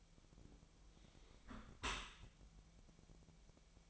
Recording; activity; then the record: daily activity, microphone in the room; close dishwasher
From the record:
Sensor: 1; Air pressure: 1006.8 hPa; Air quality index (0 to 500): 208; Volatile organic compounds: 24 ppm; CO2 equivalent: 2810 ppm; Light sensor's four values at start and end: 12/31/12/13 and 12/31/12/13